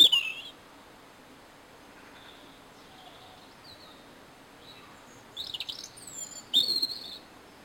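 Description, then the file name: European robin opening with a sharp high note, faint thin whistles in a quiet pause, then a burst of high, squeaky, rapidly changing notes. "Erithacus rubecula"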